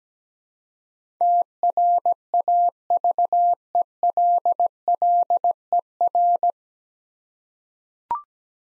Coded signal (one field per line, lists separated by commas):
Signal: Morse code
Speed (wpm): 17 wpm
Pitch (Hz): 700 Hz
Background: none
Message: TRAVELLER